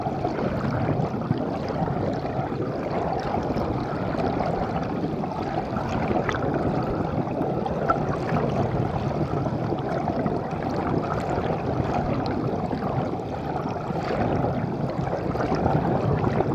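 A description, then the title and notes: A tiny creek waterfall heard underwater: a steady, dense low rumble and churning roar, constant throughout with faint brighter bubbling flickers. Underwater Immersion Sound of a Tiny Waterfall. Underwater sounds small waterfall in a creek.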